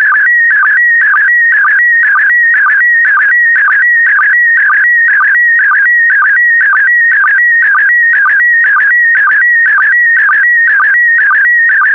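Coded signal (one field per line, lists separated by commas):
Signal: SSTV (slow-scan television)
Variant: PD120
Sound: steady warbling tone near 2 kHz, broken by a rhythmic low chirp twice a second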